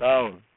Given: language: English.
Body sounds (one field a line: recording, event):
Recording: throat vibration sensor signal played as sound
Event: speech